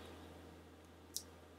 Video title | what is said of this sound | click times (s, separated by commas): ESP8266 DIY Sous Vide Controller | you push it in a little spring tab clicks | 1.2 s